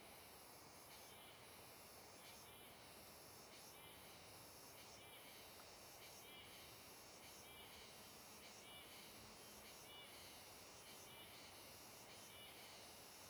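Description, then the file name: Cicada giving a high, shrill continuous buzz broken by rhythmic pulses about every one to two seconds, above a steady low rushing noise. Cicada with an unusual, different-sounding call, recorded on a riverbank. "Cigarra com Som Diferente na Beira do Rio"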